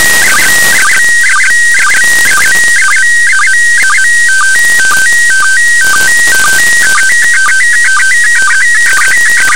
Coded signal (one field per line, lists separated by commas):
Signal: SSTV (slow-scan television)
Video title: 04.08.2019 13:37UTC, ISS SSTV online capture, local loop2, 145.800MHz